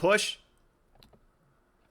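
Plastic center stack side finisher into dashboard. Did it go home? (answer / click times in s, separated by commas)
yes / 1.0 s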